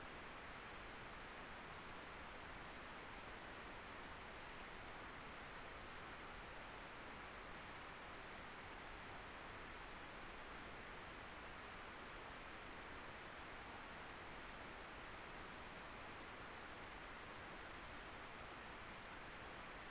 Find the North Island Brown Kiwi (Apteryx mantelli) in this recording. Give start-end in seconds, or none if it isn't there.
none